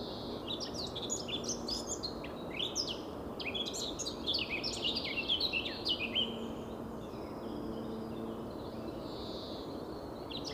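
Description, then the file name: Eurasian blackcap song, a fast jumble of chattering and whistled notes that swell in the middle and fade toward the end. "Sylvia atricapilla"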